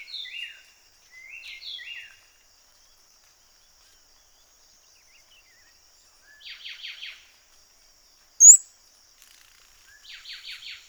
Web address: sound Orinoco-piculet. دانلود-صدای-پرنده-دارشکنک-اورینوکو